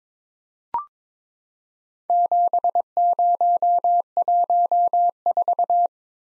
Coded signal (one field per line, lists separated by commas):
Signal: Morse code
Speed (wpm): 22 wpm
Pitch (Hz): 700 Hz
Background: none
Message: 7014